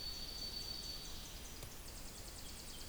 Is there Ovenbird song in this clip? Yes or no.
no